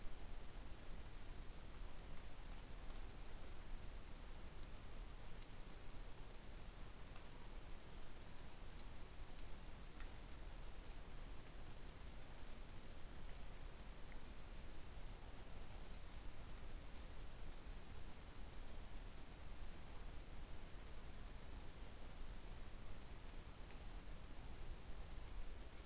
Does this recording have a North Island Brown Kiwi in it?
no